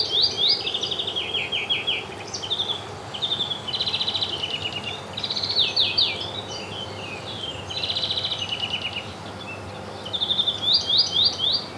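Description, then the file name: European greenfinch twitter: short trilled bursts of bright chirping notes, coming in groups with brief gaps, over a quiet humming background. "Chloris chloris"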